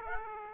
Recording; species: mosquito wingbeat signal from an infrared sensor; Aedes aegypti